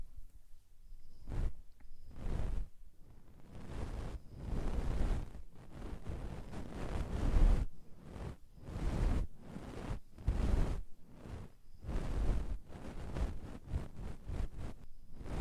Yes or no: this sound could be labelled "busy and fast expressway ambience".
no